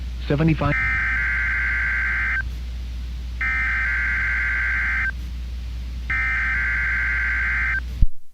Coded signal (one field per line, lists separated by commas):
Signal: Emergency Alert System (SAME) tones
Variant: header bursts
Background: speech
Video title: NOAA Weather Radio required weekly test plus new radio layout EAS #106-109